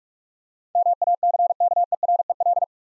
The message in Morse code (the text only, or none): MACKEREL